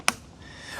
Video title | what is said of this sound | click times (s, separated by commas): CAMPLUX Nano 3 Pro // Compact Portable Hot Water Heater | it's blue and it's blue so very hard to make an error and it just snaps into place | 0.1 s